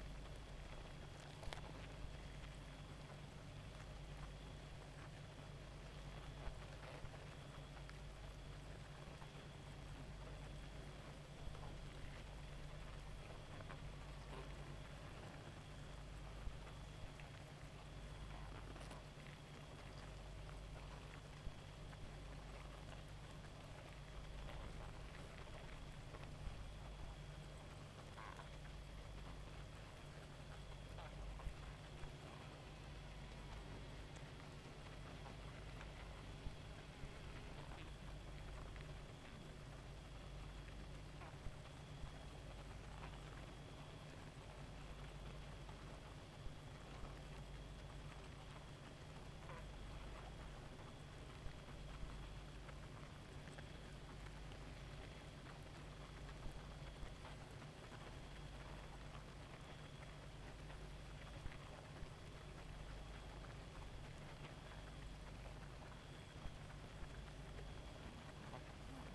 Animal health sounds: honeybee colony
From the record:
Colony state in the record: active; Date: 28 July 2017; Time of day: 1:20

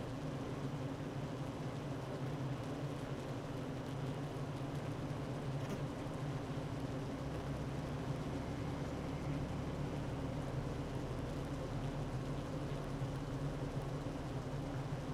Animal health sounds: honeybee colony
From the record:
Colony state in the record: active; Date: 12 June 2018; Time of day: 9:17

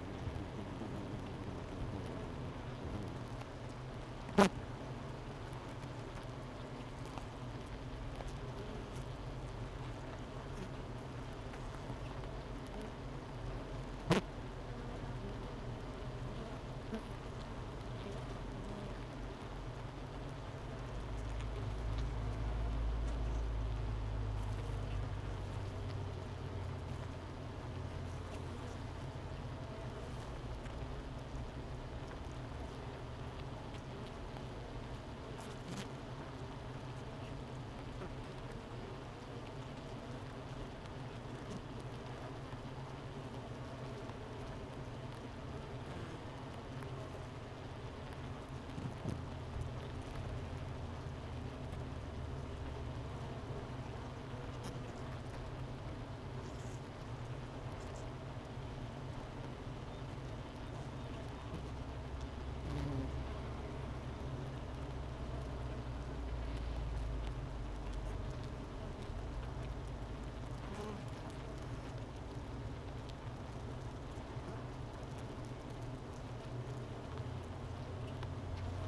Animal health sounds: honeybee colony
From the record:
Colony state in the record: missing queen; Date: 31 May 2018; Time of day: 11:25

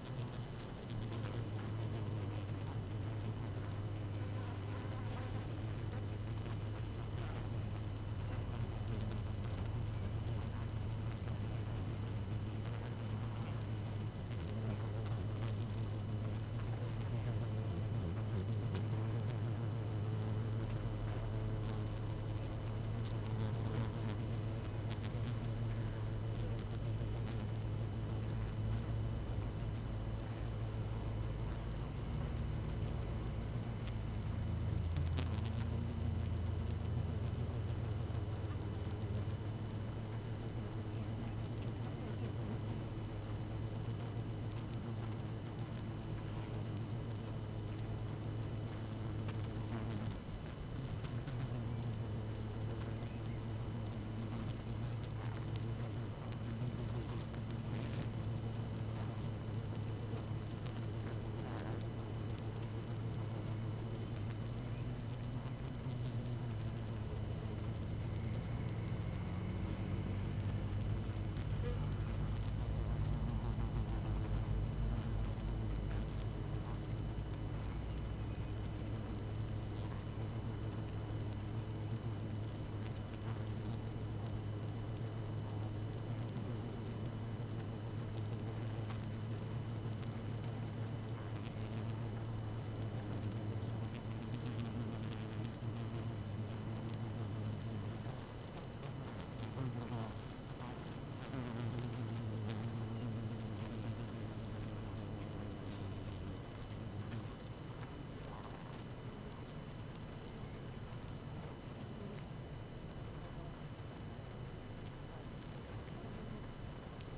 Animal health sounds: honeybee colony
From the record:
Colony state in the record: active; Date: 12 June 2018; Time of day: 17:53

